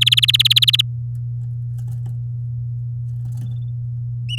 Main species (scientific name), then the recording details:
Serinus canaria. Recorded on 8 May 2018 at 09:19. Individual llb16